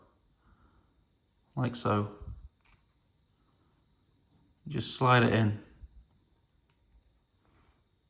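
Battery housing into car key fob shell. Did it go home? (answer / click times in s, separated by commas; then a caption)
no / none. A battery housing is slid into the shell of an Audi A3/A4/A5 car key fob during a battery replacement. Someone talks in two short bursts around 1.6–2.4 s and 4.7–5.8 s, with only faint low handling noise between them. Nothing has clicked or seated yet.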